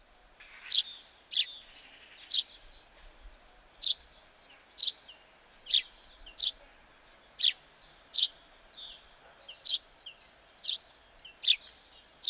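Eurasian tree sparrow uttering a long run of clipped, rasping chirps, irregularly spaced, about one every second or less, with soft thin notes between.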